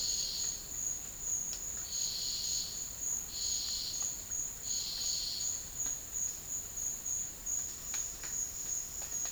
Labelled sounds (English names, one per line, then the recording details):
none
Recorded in dense forest near Puerto Asís, Putumayo, Colombia, on 12 March 2025 at 13:00
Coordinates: 0.484, -76.325
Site G045